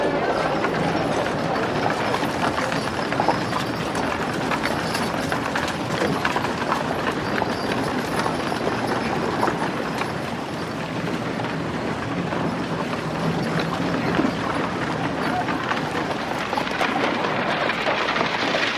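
An Old West town ambience: a dense, unbroken bed of murmuring and rustling holds an even level for the whole stretch. Fine clicks and taps scatter through it, perhaps footsteps or hooves, with a slight dip near the middle before the texture fills back in.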